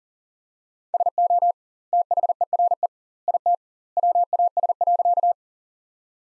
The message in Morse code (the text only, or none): SO THERE IT WAS.